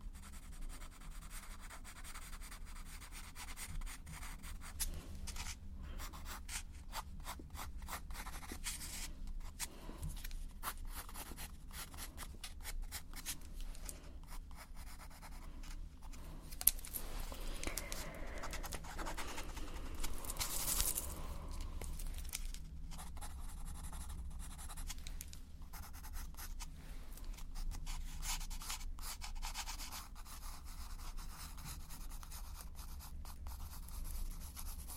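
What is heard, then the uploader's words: Pencil scratching and rubbing across paper in dense, irregular strokes over a low steady hum, with a brief brighter swish near the middle. ASMR Artist Sketches You - Personal Attention, Pencil sounds.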